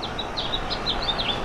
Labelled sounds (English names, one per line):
House Finch song